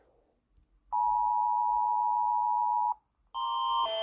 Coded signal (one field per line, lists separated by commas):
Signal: Emergency Alert System (SAME) tones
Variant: 853 and 960 Hz attention tone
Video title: EAS alarm compilation 1